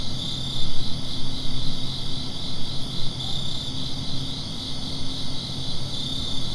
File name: Ambience - outdoors at night suburban with crickets